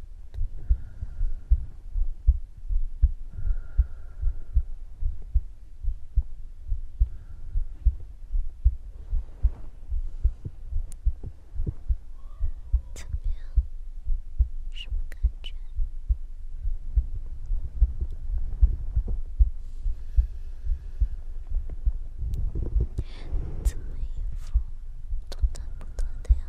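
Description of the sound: A normal heartbeat of an adult woman, heard as if the listener's head were resting on her chest. Soft whispering is heard during the later part.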